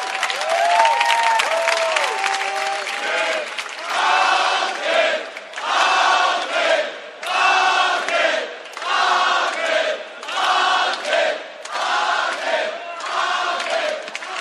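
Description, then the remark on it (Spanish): A crowd of about 60 men cheers and shouts a person's name loudly at the opening of an Apple Store in Murcia, chanting in repeated rhythmic bursts of about a second each, with whistles and rising calls at the start and a steady roar throughout. “Imaginad 60 tíos gritando tu nombre a más no poder, le hacen entrega de su regalo, la camiseta, vitoreos.”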